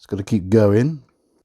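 A glass bezel insert for an Orient Ray 2 dive watch bezel is being handled with a crystal press after a first uneven attempt left it not seated square. Someone talks over the short clip, and nothing has seated or clicked yet.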